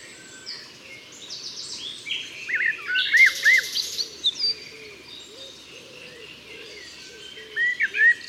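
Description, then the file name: Common blackbird song, short fluty arching phrases in two bursts, set against a busy chorus of high chirping birds. "Turdus merula"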